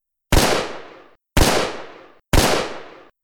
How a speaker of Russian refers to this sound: Выстрел стража громом разорвал тишину, упредив прыжок падальщика. Первая пуля впилась точно в рот твари, вторая пробила шею. Куда попали следующие, я уже не видел, раз за разом просто машинально вдавливая спусковой крючок.